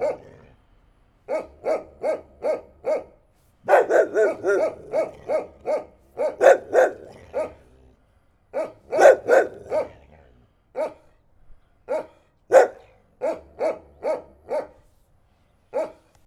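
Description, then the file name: Dog barking in irregular bursts, single barks and quick runs of several, with short gaps between them. "chien aboie"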